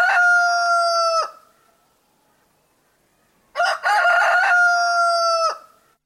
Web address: bird rooster